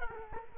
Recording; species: mosquito wingbeat signal from an infrared sensor; Culex quinquefasciatus